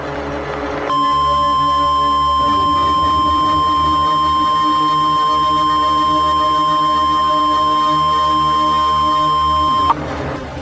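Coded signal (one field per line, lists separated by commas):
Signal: Emergency Alert System (SAME) tones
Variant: 1050 Hz attention tone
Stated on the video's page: Fictional hurricane scenario in analog horror, found-footage style.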